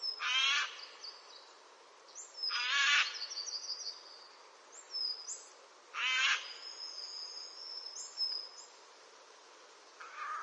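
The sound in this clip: Eurasian jay uttering short harsh screeches every few seconds, with thin high whistles of other birds filling the gaps.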